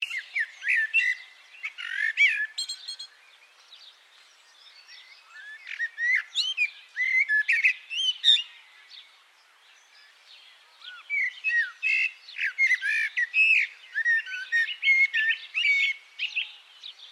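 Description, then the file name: Common blackbird song: bursts of varied whistled and twittering notes, some sliding up or down, arriving in dense runs separated by quiet pauses of a second or more. "Turdus merula"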